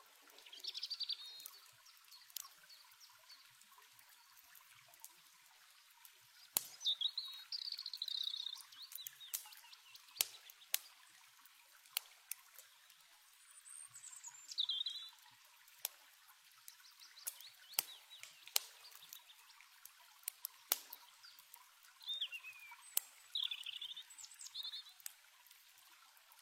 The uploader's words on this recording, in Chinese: 溪畔篝火之夜。一旁的小河轻声流淌，水波声萦绕耳畔。点燃的篝火温暖着四周，微风轻拂，伴随着清脆的鸟鸣声。